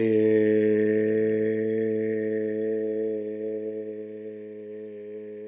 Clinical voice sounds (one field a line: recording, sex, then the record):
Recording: sustained vowel /e/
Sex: male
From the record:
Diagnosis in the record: healthy control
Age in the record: 68 years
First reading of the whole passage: 59 s, 8.7 characters per second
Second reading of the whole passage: 51 s, 9.9 characters per second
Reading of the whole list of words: 42 s, 6.7 characters per second